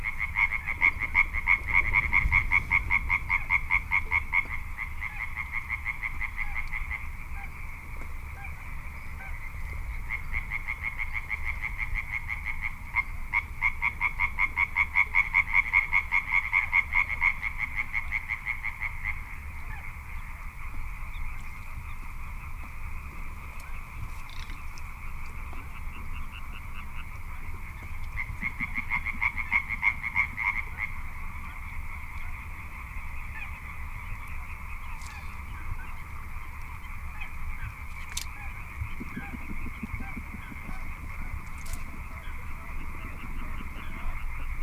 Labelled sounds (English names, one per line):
Little Crake